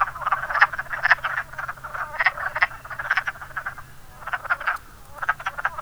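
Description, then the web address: Wood frogs croaking in clustered bursts of gravelly clucks, with short gaps between groups and a faint steady hum beneath. "zoology woodfrog"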